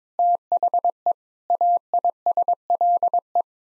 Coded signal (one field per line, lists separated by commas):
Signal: Morse code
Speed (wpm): 22 wpm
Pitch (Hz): 700 Hz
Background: none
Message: THE AISLE